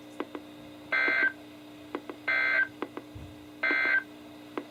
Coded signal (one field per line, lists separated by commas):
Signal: Emergency Alert System (SAME) tones